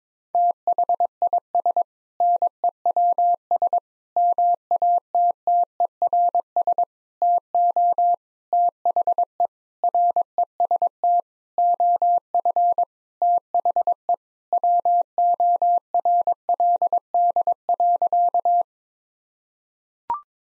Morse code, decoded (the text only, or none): THIS NEWS MATTERS TO THE REST OF THE WORLD.